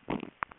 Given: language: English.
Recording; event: throat vibration sensor signal played as sound; swallow